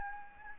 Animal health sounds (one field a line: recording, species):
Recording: mosquito wingbeat signal from an infrared sensor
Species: Anopheles gambiae